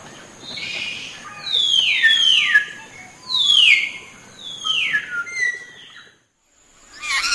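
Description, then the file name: Lorikeet calls: loud descending screeches repeated several times, harsh and scratchy, with a faint high steady tone behind. "Лори -Лорикет -Попугай -Голоса-птиц"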